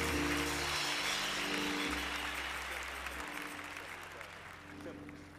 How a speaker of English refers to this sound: Can we clap our hands and give God a praise in this place if you know he's worthy?